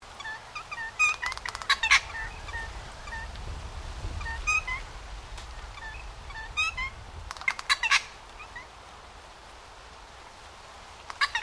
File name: BIRD NOISY FRIAR CALL